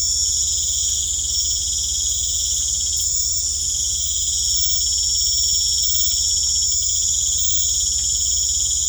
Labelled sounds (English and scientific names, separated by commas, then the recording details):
none
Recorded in secondary vegetation near Puerto Asís, Putumayo, Colombia, on 26 December 2024 at 19:30
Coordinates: 0.499, -76.323
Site G010